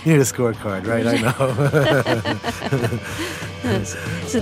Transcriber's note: soundbite of laughter